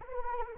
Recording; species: mosquito wingbeat signal from an infrared sensor; Anopheles arabiensis